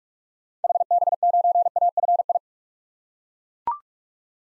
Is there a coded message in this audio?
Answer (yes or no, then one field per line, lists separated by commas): yes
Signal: Morse code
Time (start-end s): 0.6-2.4 s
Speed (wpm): 42 wpm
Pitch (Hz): 700 Hz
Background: none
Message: HB9AFI